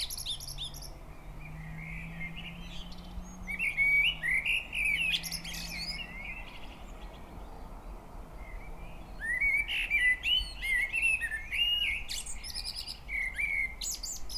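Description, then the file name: Common blackbird singing rich, warbling phrases that break into shrill high twitters, with a low droning hum during the first six seconds. "Turdus merula"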